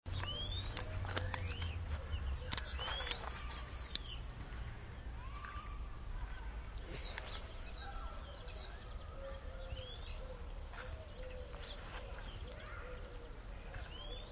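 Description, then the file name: European greenfinch calling: a few quick rising whistles and chirps among other scattered bird notes, over a constant low rumble. "Chloris chloris"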